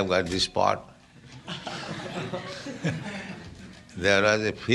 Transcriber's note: laughter